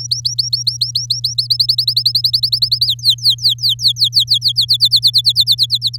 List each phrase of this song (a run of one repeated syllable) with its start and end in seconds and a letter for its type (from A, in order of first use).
0.00-1.47 A, 1.50-2.86 B, 2.87-4.52 C, 4.56-5.97 D